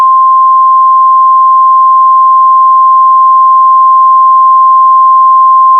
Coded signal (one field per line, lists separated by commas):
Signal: Emergency Alert System (SAME) tones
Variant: 1050 Hz attention tone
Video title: EASyPLUS EAS MOCK: the TOR i uploaded 2 times now